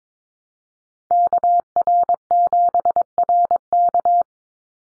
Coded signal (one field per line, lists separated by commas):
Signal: Morse code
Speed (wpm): 22 wpm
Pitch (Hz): 700 Hz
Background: none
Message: KR7RK